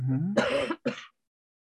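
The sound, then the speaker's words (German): A 74-year-old man with a severe cough gives a low, rasping throat-clearing grumble, then two harsh, forceful coughs, the second shorter, then silence. No one speaks. “Sie haben starke Hüsten.”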